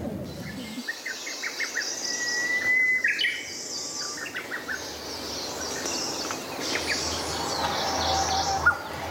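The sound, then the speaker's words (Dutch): A Japanese bush warbler sings a long, steady whistled note followed by a quick run of chirping notes, with other birds calling faintly over a dense, hissing background chorus. “U hoort hier nog de Japanse struikfluiter.”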